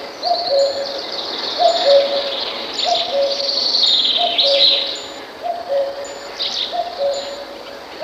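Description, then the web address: Common cuckoo calling its two-note falling cu-coo, repeated steadily, while other songbirds twitter and a thin high whistle recurs in the background. "Kuckuck"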